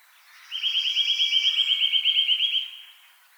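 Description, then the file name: Eurasian nuthatch delivering a fast, steady trill of piping notes held for about two seconds, with a thin whistled overtone above and a soft fade at the end. "Sitta europaea"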